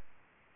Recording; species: mosquito wingbeat signal from an infrared sensor; Aedes aegypti